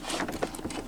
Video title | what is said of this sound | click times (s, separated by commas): Personalized Embroidery Plush Easter Bunnies - Great Gift idea for Easter!! | locks into place | 0.4 s